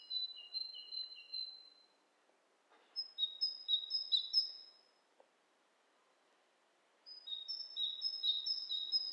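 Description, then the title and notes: Bird calls, three bouts of rapid high whistled notes, each lasting a couple of seconds, separated by quiet pauses. Two birds interacting; lo-fi recording. "bird dialogs. lo-fi recording of two birds interacting"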